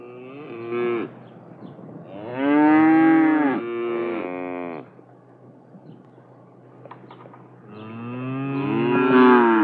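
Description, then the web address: Cows mooing: a brief low moo, then two long overlapping harmonic moos, a quiet gap with faint clicks, and another drawn-out moo growing louder at the end. "SFXSource AOS Cows Two Mooing"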